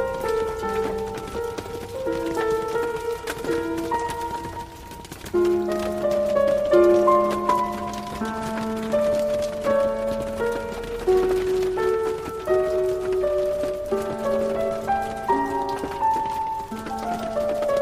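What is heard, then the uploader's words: A slow classical piano melody moves over held low notes, while rain patters steadily and densely underneath from start to finish. Calming Classical Piano with Rain. Soothing rain sounds blended with Goldberg Variations BWV 988 to create the perfect relaxing ambiance.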